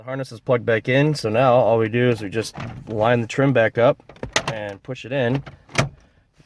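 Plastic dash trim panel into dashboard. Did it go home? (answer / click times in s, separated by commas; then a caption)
yes / 5.8 s. On a 2006–2008 Pontiac Grand Prix, with the harness plugged back in, a plastic dash trim panel is lined up and pushed into the dashboard while someone talks. A sharp click at 5.8 s is its clips snapping into place, and the panel is seated.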